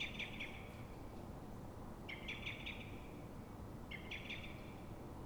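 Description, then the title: Common blackbird alarm call: three bursts of quick, sharp clucking notes, each burst of three or four notes, spaced about two seconds apart over steady low background rumble. Frightened or threatened blackbird at dawn, probably reacting to another blackbird; Pl. de Francisco Escolar, Fuenlabrada, Madrid, Spain; Zoom H1n recorder. "Pl. de Francisco Escolar, 10, 28944 Fuenlabrada, Madrid, España - Mirlo asustado"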